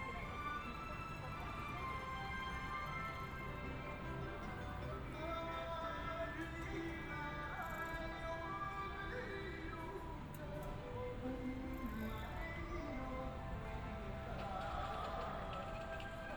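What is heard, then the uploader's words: A street walk through Shibuya in Tokyo, with a dense, steady crowd murmur of many overlapping voices throughout. Low traffic rumble runs underneath, and brief brighter clicks and tones flicker in and out, including a higher ringing passage near the end. 3D AUDIO Walking in Shibuya 渋谷 Tokyo, Japan.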